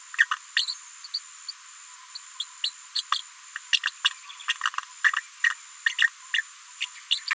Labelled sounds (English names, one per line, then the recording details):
Green-rumped Parrotlet babbling
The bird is a female
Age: 36 days
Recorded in a nest box in Venezuela
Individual 17B73B4